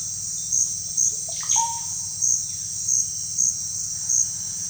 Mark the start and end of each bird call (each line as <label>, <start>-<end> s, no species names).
bird call, 1.28-1.92 s